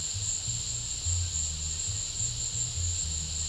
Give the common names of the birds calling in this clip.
none